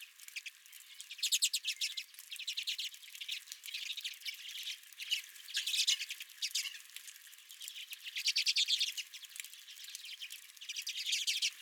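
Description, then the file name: Redpolls giving rapid, buzzy chatter in rolling bursts, several birds calling together. Redpolls calling at the recordist's feeder. "Redpolls at My Feeder"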